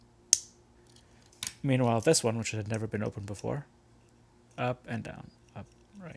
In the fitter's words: uh these racing ones look really and you can just see the positive click there because it's never been open before